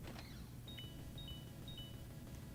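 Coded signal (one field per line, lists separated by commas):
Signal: none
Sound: game's musical chime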